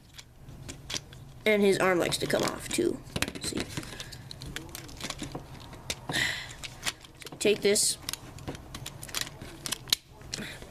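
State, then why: Seated. Someone talks while pushing the detached plastic arm of a Transformers Prime Beast Hunters Ultra Magnus transforming robot action figure, an arm that tends to come off, back onto its shoulder joint, with scattered small handling clicks throughout. A sharp snap at 9.9 s marks the arm seating back into the shoulder.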